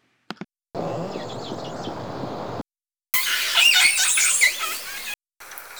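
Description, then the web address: Orca calls in short spliced segments separated by silence: a hissy, noisy stretch, then bright squealing calls with sweeping, shifting tones, and a final faint burst. "Nora Learning Orca Calls"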